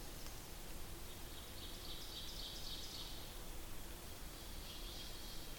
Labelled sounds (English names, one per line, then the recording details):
Ovenbird song
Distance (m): 100 m
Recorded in boreal forest in Alberta, Canada, on 8 June 2016 at 08:47
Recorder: SongMeter 3, array SBT-3-9
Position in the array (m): 44 m, 110 m
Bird 33